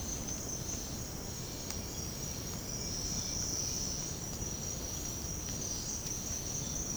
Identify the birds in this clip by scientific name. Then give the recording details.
none. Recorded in secondary vegetation near Puerto Asís, Putumayo, Colombia, on 19 February 2024 at 08:00. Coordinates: 0.468, -76.324. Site G6381